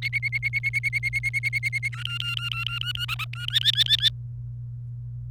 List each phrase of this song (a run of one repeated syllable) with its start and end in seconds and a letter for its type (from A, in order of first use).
0.02-1.88 A, 1.93-3.05 B, 3.09-3.25 C, 3.33-3.46 B, 3.48-4.09 D